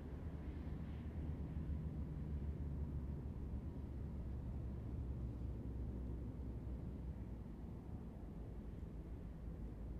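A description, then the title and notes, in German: Low, steady rumble at Flughafen Kloten, thick and deep with little brightness above it. A faint droning tone sits in the rumble for the first few seconds, then thins out, while the overall level stays even throughout. September, 13:24 CET. Flughafen Kloten.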